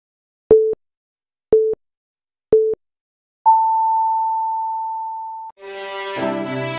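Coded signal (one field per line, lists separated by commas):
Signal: radio time signal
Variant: KBS four-second time pips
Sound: three short 440 Hz pips one second apart, then a two-second 880 Hz tone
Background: music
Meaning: The start of the long tone marks the top of the hour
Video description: 좋은 방송 밝은 내일 KBS가 6시를 알려드립니다. KBS 제3라디오 사랑의 소리 방송입니다. HLKC / (표준 4초 시보음)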